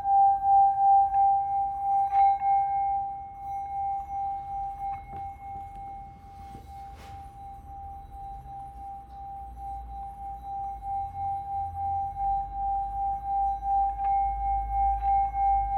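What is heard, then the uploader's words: A Tibetan sound bowl rings with one steady, pure mid-pitched tone that holds for the whole clip, with faint higher overtones above it. The tone swells and fades in a slow, regular wobble. A few soft clicks come near two, five and seven seconds, over a low hum. Smooth sounds of this ancient Tibetan sound bowl.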